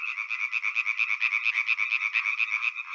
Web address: European Tree Frog